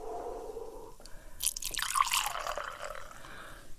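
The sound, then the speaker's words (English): A drink mixed with a little sugar is poured into a glass: liquid splashes and trickles for a few seconds, a bright, hissing gush with small drips and clinks, fairly quiet and without any talking. “Now, did you want this right in your mouth or do you want it in a glass? You want it in a glass?”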